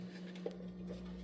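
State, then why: Not seated. The plastic top cover of a masticating juicer is twisted onto the juicer body to the lock mark, with a steady low hum in the background and two faint brief taps near 0.5 s. The lid only turns to the lock and easily moves off it; nothing has snapped or clicked into place.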